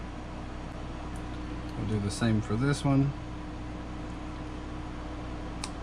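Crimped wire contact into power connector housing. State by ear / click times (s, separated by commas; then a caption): seated / 5.6 s. Someone talks over a steady background hum while a crimped metal contact on a jumper wire is pressed into the plastic housing of an Anderson Powerpole power connector. A short, sharp snap at 5.6 s marks the contact locking into the housing, fully seated.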